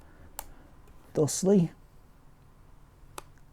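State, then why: Seated. A metal lens hood is fitted onto the front of a TTArtisan 35mm f1.8 lens for Fujifilm. A faint tick sounds at 0.4 s and someone talks briefly. A sharp click at 3.2 s marks the hood clicking into place.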